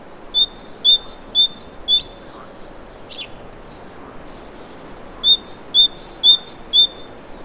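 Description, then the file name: Great tit calling with sharp, high two-note phrases repeated in quick series, a pause with a brief faint note, then another rapid run of paired notes. "Parus major"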